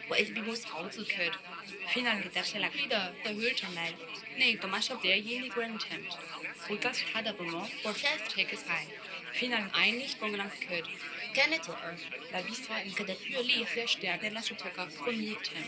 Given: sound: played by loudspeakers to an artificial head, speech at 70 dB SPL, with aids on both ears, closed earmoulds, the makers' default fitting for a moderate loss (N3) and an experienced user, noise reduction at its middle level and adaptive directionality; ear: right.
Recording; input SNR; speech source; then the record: speech test signal (ISTS) in cocktail-party noise; 0 dB; in front (0 degrees)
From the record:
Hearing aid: class 2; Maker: I